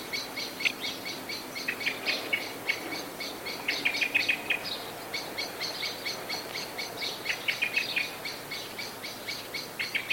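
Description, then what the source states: Blackbird alarm: rapid bursts of sharp chinking and chattering notes in uneven runs, with a quiet hiss of background noise throughout. Anxiety call.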